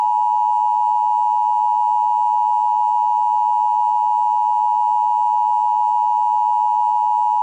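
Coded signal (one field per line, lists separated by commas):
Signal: Emergency Alert System (SAME) tones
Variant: 853 and 960 Hz attention tone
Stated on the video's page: Hawaii Required Monthly Test heard on public radio and via an internet-streamed radio station.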